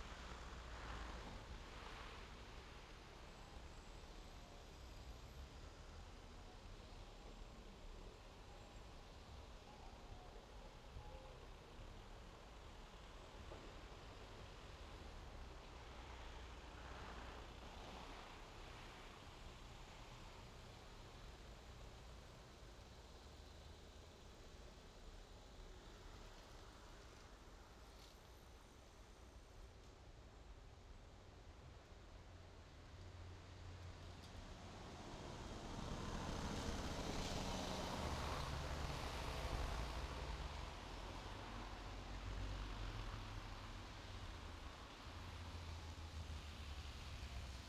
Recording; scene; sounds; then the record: everyday scene through a hearing-aid microphone; in traffic; traffic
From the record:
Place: main road on the outskirts, rush hour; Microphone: in the ear canal, left